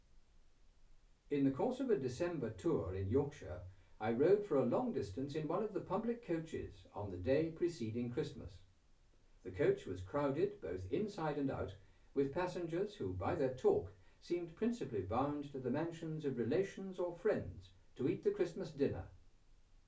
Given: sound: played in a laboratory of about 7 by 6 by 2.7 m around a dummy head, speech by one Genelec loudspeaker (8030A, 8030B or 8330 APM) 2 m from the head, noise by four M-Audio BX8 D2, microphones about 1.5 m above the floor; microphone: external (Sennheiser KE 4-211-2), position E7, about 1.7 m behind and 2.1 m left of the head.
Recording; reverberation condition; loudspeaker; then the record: male speech in English; low; 150 degrees to the right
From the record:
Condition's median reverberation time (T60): about 310 ms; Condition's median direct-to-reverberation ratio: about 3.5 dB